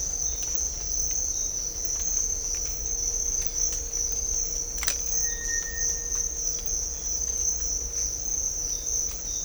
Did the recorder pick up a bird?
yes